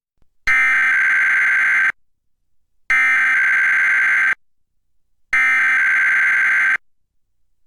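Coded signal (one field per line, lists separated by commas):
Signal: Emergency Alert System (SAME) tones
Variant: header bursts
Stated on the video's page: Required weekly test relayed by a Portland digital TV subchannel, captured from a digital tuner recording.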